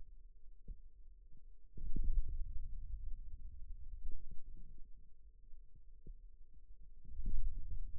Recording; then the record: forearm muscle sounds (acoustic myography)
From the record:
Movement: ulnar deviation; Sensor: system 2, bracelet of six BSWA MPA416 microphones around the upper forearm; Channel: 5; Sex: male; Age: 22 years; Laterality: right